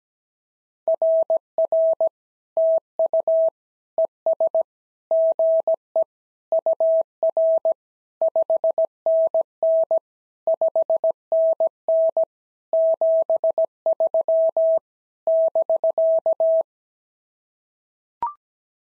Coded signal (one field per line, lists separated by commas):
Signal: Morse code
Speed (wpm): 17 wpm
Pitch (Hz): 650 Hz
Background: none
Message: RR TU ES GE UR 5NN 5NN 73 <BK>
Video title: SOTA QSO Practice 17wpm